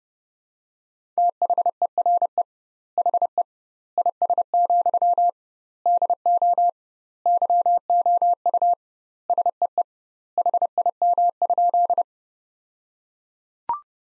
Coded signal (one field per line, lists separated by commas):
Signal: Morse code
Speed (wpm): 32 wpm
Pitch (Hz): 700 Hz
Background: none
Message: THERE HE IS, DO YOU SEE HIM?